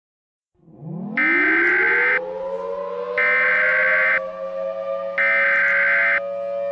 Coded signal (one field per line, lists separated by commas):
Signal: Emergency Alert System (SAME) tones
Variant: header bursts